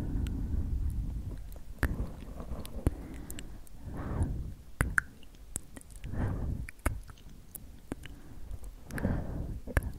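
Slow, moist sksk whispering with soft swells near 4, 6.5 and 9 seconds, dotted with sharp clicky mouth sounds and a low rumble beneath.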